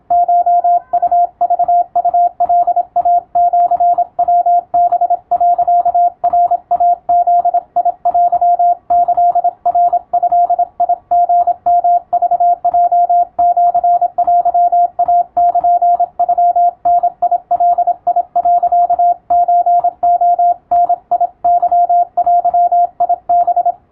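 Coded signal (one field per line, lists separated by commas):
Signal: Morse code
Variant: Japanese Wabun code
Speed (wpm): 26 wpm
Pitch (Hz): 700 Hz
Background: radio noise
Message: コウクウカイシヤハ、ナイブテキナドリヨクヲシテイルノダガ、ソレダケデハ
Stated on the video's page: Japanese Wabun Morse receiving practice in radiotelegraph operator exam telegram format, with adjustable speed.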